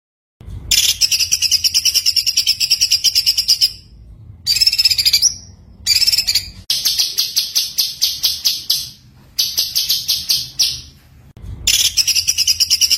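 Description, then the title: White-eye song: rapid pulsed high trills in bursts of varying length, separated by short pauses, over a faint low hum. Masteran recording of a white-eye singing gacor (continuous singing), full of tembakan bursts. "Masteran Burung Pleci Gacor Full Tembakan"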